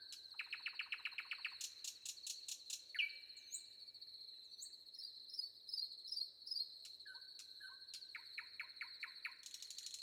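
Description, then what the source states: Common nightingale song: fast repeated clicking trill, a sharp upslur, whistled notes and a series of descending strokes, over steady cricket song. Recorded with wind and crickets.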